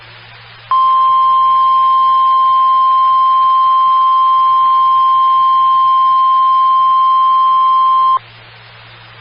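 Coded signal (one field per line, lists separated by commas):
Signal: Emergency Alert System (SAME) tones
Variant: 1050 Hz attention tone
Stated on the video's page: Alert tones heard on a 147.255 MHz SKYWARN amateur repeater.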